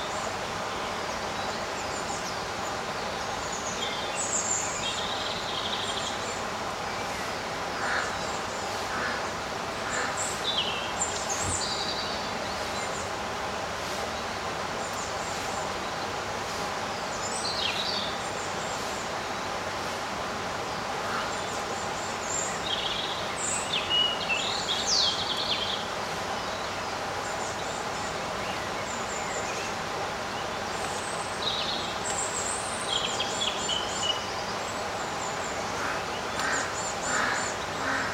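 Birds sing in short bright chirps and trills scattered throughout, over a steady, dense hum of low noise that never lets up.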